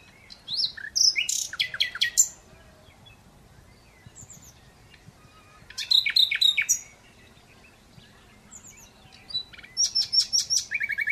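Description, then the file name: Common Nightingale song: three varied phrases of rapid chirps and sharp trills, each separated by a few seconds of quiet. "Luscinia megarhynchos"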